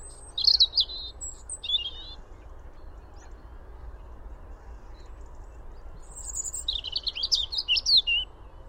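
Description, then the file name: European robin singing two high, liquid warbled phrases with thin, very high whistles, separated by several seconds of quiet; the second phrase is longer and more tumbling. "Erithacus rubecula"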